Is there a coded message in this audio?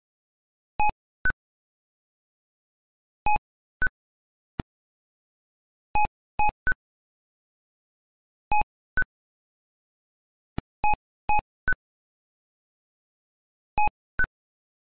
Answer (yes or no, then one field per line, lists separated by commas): no